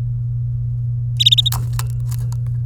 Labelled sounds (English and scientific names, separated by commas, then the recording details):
Domestic Canary (Serinus canaria) song
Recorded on 23 April 2018 at 16:20
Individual llb3